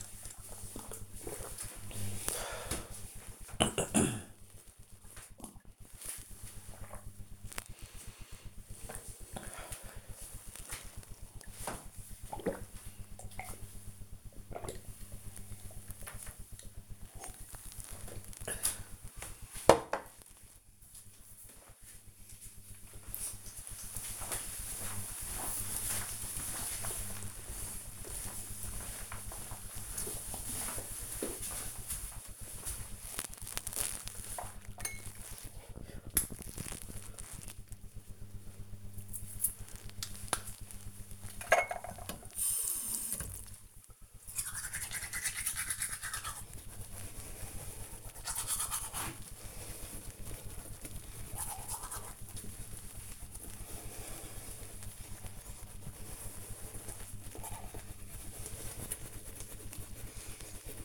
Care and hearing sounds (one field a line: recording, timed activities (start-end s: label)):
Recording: household activities, microphone on the right wrist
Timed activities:
0.00-17.83 s: drinking
31.91-60.85 s: brushing teeth